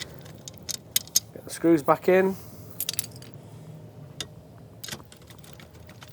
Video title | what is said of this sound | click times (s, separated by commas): Drop sensor replacement on Snakky | press the bottom and snap it in and they should click in. | 1.0 s, 1.2 s